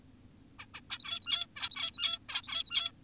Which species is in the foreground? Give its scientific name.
Taeniopygia guttata